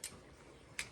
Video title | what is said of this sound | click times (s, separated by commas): Absolute Fool Changes Oil In New Atv | hear the click guys | 0.8 s